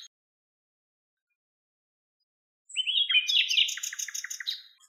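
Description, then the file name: Common nightingale song, after near silence a phrase of sharp whistled notes and a fast run of repeated buzzy chips, high-pitched and rapid. "Luscinia megarhynchos"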